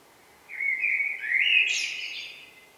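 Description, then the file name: Eurasian blackbird song phrase: mellow whistled notes sliding up and down, finishing in a thin, high-pitched squeaky twitter. "Turdus merula"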